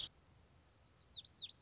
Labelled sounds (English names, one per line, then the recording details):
Lazuli Bunting
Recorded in Sonoma County, California